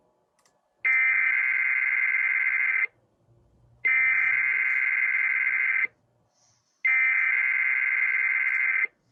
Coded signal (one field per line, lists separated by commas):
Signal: Emergency Alert System (SAME) tones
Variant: header bursts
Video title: EAS 1440-1443: Ohio Severe Weather Awareness Week Alerts